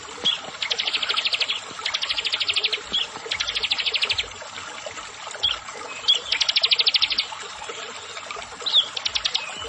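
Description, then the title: Prinia song: fast rattling trills of high clicky notes in bursts about a second long, separated by short pauses, with scattered sharp chirps. "Ciblek Sawah"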